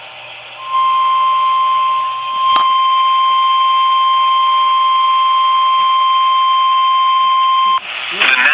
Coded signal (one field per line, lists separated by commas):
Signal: Emergency Alert System (SAME) tones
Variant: 1050 Hz attention tone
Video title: HERE WE FREAKING GO... EAS Alerts From 5/16/25 (EAS#3,653 - #3,677)